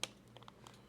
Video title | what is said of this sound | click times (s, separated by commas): PS4 controller USB-C upgrade -- Tinker Tailor Solder Fry 2023-08-03 | We are reinstalling our light guide, which, just clicks right in place right there with some rubber. | 0.0 s